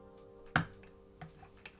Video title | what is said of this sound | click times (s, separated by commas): Why Did They Make This So Tough? How To Upgrade YOUR Apple Mac Mini 2018 RAM. | okay so now we're putting the antenna back on you'll hear it click in | 0.6 s